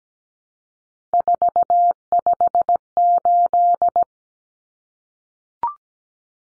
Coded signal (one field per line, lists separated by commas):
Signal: Morse code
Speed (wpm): 17 wpm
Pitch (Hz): 700 Hz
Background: none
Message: 458